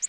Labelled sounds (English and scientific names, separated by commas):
Orange-crowned Warbler (Leiothlypis celata) flight call